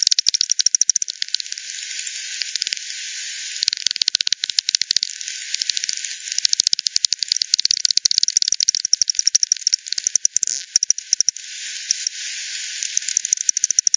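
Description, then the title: Bat echolocation heard as bursts of quick clicking, several callers overlapping, with short quieter gaps. Multiple bats at Hogsmill River, Hogsmill Lane, 7 October 2020, 18:10 UTC; frequency-divided by ten, band-pass filtered and resampled. "bat 20201007 T 18 : 10 Z-Hogsmill-Lane-Hogsmill-River-multiple-bats-FD 10"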